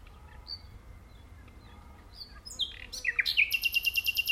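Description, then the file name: Common nightingale song starting with soft thin whistles, then sharp slurred notes and a fast, even rattle of repeated high pulses. "Luscinia megarhynchos"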